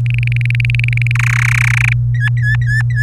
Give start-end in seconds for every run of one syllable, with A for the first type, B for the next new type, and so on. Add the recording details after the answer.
0.06-1.11 A, 1.15-1.93 B, 2.15-3.03 C. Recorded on 24 April 2018 at 17:18. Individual llb3